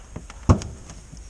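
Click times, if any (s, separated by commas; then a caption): 0.5 s. While the rear bumper of a Smart 451 is being removed, a plastic trim piece whose stems sit clipped into plastic holders is pulled free. A sharp plastic snap at 0.5 s marks the piece unclipping and releasing, with fainter ticks and taps before and after it. The trim piece comes away from the bumper holders.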